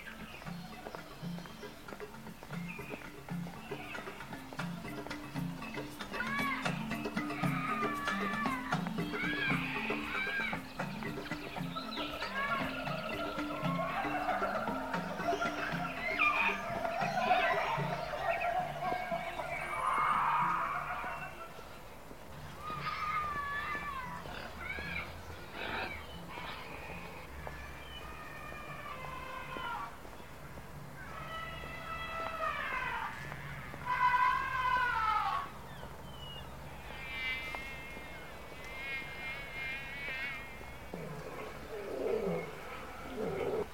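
Animals call throughout a walk at the zoo, with dense, overlapping cries and chattering in the first twenty seconds. After a brief lull, sharper bird calls ring out in quick rising and falling bursts around 27 to 40 seconds. A low murmur of people and grunts underlies everything.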